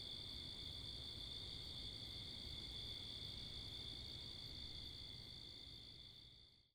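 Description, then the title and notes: Crickets trill in an unbroken high chorus over low wind and car rumble, the sound fading out at the end. Wakefield, Rhode Island, 10 October 2021, 11:35pm, night; recorded facing northeast with two Rode NTG-3 shotgun mics on a Sound Devices MixPre 10ii; crickets with cars and wind. "Oct 10th 2021 11:35pm Wakefield, Rhode Island. Crickets, Cars, and Wind"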